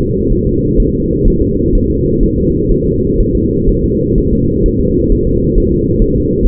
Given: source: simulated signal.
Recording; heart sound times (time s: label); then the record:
fetal heart sounds
0.00 s: S2
0.32 s: S1
0.47 s: S2
0.80 s: S1
0.94 s: S2
1.27 s: S1
1.42 s: S2
1.75 s: S1
1.90 s: S2
2.23 s: S1
2.38 s: S2
2.72 s: S1
2.86 s: S2
3.20 s: S1
3.35 s: S2
3.69 s: S1
3.84 s: S2
4.18 s: S1
4.33 s: S2
4.66 s: S1
4.80 s: S2
5.12 s: S1
5.27 s: S2
5.57 s: S1
5.72 s: S2
6.02 s: S1
6.16 s: S2
6.45 s: S1
From the record:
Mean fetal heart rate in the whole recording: 130 bpm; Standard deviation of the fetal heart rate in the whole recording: 4 bpm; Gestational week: 38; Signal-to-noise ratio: -14.7 dB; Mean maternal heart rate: 72 bpm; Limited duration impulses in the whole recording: present